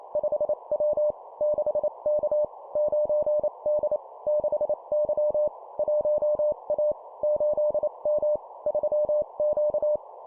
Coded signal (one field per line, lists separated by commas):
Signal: Morse code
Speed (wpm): 28 wpm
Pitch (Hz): 600 Hz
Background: none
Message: 5W 6K 9D 6Y 1A 8M 3Q